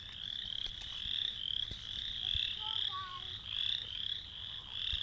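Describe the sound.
Frog chorus of many overlapping high, grating croaks pulsing in uneven surges, a few lower gliding notes near the middle, and soft clicks over a low background hum.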